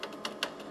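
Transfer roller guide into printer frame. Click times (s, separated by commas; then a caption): 0.2 s, 0.4 s. A plastic transfer roller guide with two hooks is pushed down into the frame of an HP LaserJet 5si/8000/8100/8150 printer. Two sharp snaps sound at 0.3 s and 0.4 s over faint background noise, with a softer tick near the start. The guide is seated and its hooks snap into place.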